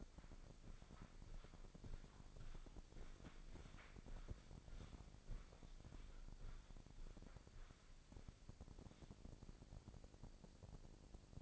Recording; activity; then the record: daily activity, microphone in the room; walk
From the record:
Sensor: 5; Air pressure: 1009.4 hPa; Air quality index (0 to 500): 149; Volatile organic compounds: 2 ppm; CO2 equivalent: 1152 ppm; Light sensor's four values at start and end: 351/837/360/401 and 350/834/359/400